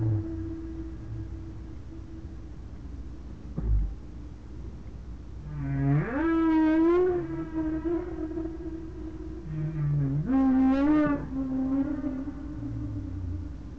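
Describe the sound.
Whale moans, two long rising calls that swell and hold, over a droning tonal hum between them.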